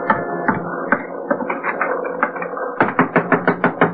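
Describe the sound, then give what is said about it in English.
Knocking on a door: a few scattered thumps over a steady droning background, then a quick, even run of about six loud, sharp knocks. “Get away from that door. Come on, open up,”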